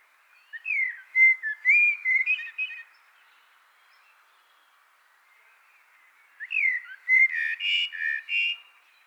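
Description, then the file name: Eurasian blackbird singing two separate phrases about six seconds apart, each of low fluted whistles followed by a higher, scratchy twittering flourish, with quiet between. "Turdus merula"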